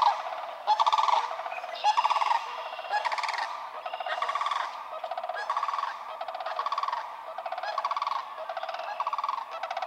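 Sandhill cranes giving loud rolling, rattling bugles in repeated bursts.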